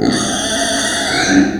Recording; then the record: squeal of a Yucatan mini pig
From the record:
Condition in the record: before surgery on the right vocal fold (resection and tissue-engineered implant); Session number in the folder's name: 3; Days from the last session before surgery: 0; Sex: female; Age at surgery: 19 weeks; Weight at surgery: 25 kg